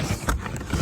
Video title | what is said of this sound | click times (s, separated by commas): DIY Easy Dodge Charger Sun Visor Vanity Mirror Replacement Change and Disassembly | press these two pieces together, you'll hear it snap together, and then | 0.3 s